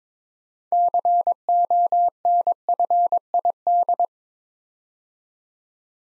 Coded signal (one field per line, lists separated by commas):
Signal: Morse code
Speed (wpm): 21 wpm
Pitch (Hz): 700 Hz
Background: none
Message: CONFID